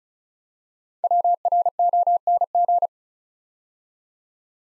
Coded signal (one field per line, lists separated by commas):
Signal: Morse code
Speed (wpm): 35 wpm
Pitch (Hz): 700 Hz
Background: none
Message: WRONG